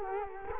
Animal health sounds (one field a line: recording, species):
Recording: mosquito wingbeat signal from an infrared sensor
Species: Culex quinquefasciatus